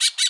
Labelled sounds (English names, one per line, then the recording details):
Brown-throated Parakeet contact call
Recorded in Bonaire
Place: just S of turnoff to Cai, near Lac Bay
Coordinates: 12.126, -68.239